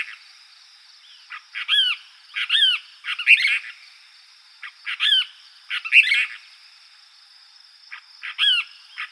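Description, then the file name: Cassin's kingbird giving harsh, burry chi-beer calls in loose bursts of two or three notes, some phrases rough and excited, over a steady high-pitched hum. Recorded in Arizona on 13 July 2006. "deviche"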